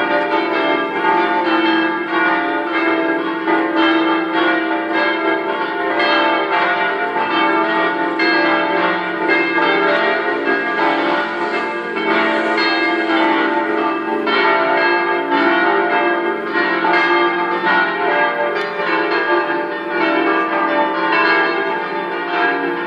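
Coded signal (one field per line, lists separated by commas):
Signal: bell signal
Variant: five-bell swinging peal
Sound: continuous overlapping peal of several large church bells swinging and ringing together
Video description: concerto di cinque campane mezz' ora prima della messa 18:30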